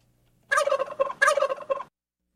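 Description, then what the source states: Domestic turkey gobbling: two rapid, rattling gobble bursts with a short trailing note, otherwise quiet. Male turkey (tom) walking around loose in a Seattle studio around Thanksgiving, November 20, 2012; clouds and showers that morning.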